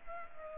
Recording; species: mosquito wingbeat signal from an infrared sensor; Culex pipiens